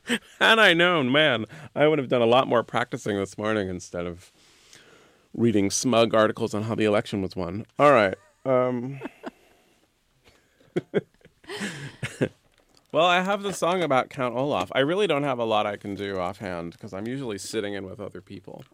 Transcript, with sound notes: Had I known, man, I would've done a lot more practicing this morning instead of reading smug articles on how the election was won. All right.
(LAUGHTER)
Well, I have this song about Count Olaf. I really don't have a lot I can do offhand, because I'm usually sitting in with other people.